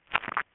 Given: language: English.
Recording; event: throat vibration sensor signal played as sound; swallow